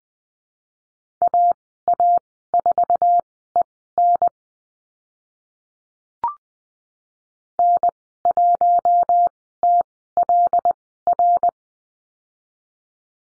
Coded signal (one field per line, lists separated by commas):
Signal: Morse code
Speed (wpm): 19 wpm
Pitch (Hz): 700 Hz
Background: none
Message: AA4EN N1TLR